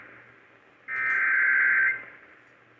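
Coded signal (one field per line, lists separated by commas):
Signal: Emergency Alert System (SAME) tones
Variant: header bursts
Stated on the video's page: Severe Thunderstorm Warning received on WLS 890 AM; valid EAS tones.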